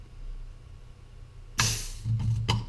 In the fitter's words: you'll hear an audible click when this jaw has finished its stroke and has gone all the way home.